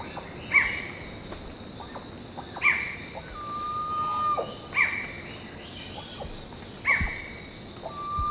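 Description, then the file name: Bird calls: loud harsh downslurred notes about every two seconds, with a long level whistle between them, over steady background hum. "SABIOD 50 bird 2015"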